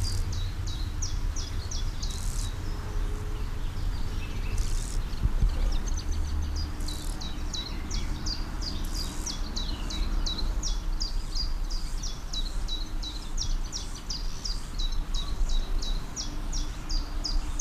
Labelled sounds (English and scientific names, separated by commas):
Common Chiffchaff (Phylloscopus collybita) song